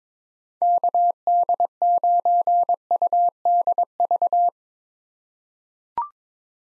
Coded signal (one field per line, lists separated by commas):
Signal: Morse code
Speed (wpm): 22 wpm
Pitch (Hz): 700 Hz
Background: none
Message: KD9UDV